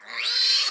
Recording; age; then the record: pig call; piglet (1 to 25 days)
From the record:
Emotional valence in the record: negative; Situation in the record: restrain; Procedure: in the arms of a person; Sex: male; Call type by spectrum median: high-frequency call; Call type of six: mixed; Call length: 0.71 s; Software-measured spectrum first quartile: 3750 Hz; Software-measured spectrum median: 4378 Hz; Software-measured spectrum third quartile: 5505 Hz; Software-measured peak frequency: 4129 Hz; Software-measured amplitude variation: 108 dB a second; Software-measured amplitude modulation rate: 23.2 a second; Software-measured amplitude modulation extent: 4.6 dB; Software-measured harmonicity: 4.1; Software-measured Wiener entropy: -2.23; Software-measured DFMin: 672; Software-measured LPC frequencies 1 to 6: 1232, 2399, 3095, 4105, 6627, 8100 Hz